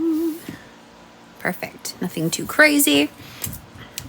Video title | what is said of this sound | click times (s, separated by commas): G-Tecc-C (.4) 10 pack review - Is this your new favorite pen?? | again nice click let's try oh the green | 4.0 s